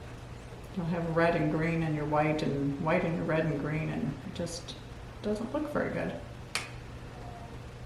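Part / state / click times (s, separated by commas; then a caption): wooden clothespin onto wire wreath frame rings / seated / 6.6 s. A painted wooden clothespin is pushed down onto the metal wire rings of a wreath frame while someone talks. It snaps into place with a sharp click at 6.6 s, showing it is seated in the right spot.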